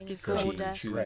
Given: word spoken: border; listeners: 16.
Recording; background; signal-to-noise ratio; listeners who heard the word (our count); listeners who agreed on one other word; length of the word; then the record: one English word in noise, from a listening test; four-talker babble; -1.0 dB; 0 of 16; 8 of 16; 0.65 s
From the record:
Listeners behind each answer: 8, 6, 1, 1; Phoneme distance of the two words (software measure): 24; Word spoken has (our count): 2 syllables, 4 phonemes, stress on syllable 1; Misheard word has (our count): 3 syllables, 6 phonemes, stress on syllable 2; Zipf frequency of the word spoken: 4.61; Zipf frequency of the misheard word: 3.39